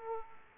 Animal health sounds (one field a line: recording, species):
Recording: mosquito wingbeat signal from an infrared sensor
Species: Aedes aegypti